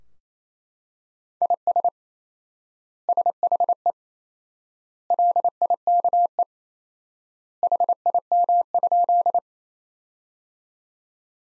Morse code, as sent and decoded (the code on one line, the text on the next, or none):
.. ... / ... .... . / .-.. .. -.- . / .... .. -- ..--..
IS SHE LIKE HIM?